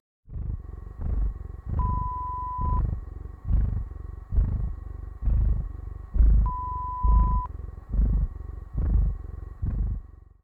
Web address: Cat